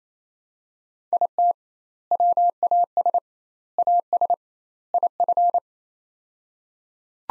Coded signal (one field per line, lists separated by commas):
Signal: Morse code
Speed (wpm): 28 wpm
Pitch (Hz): 700 Hz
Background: none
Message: IT WAS AS IF